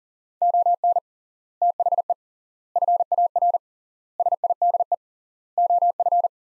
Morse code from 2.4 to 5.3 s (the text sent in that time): FAR SIDE